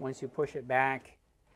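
Someone talks while handling the push-to-open lock on a pantry drawer in the cabinet of a 2024 Supreme Aire RV, as the drawer is about to be pushed back closed. Quiet follows the speech, with a brief sharper sound right at the end. Nothing has seated or clicked yet when the clip ends.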